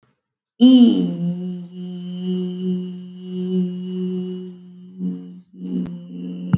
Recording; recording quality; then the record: sustained vowel as in beet; excellent, no background noise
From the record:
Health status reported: healthy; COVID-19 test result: not tested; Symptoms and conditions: none ticked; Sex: female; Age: 38 years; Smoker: not ticked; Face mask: not worn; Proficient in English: yes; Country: India